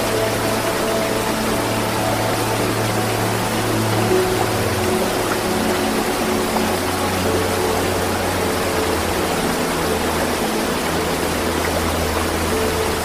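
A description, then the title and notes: A waterfall and river roar in a dense, steady rush that fills the whole clip without letting up. Beneath the water, low sustained drone tones hum and shift pitch around the five- and ten-second marks, with faint held notes above them. Music for Meditation with Peaceful Waterfall and River.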